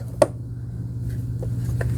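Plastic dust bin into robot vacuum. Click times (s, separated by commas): 0.2 s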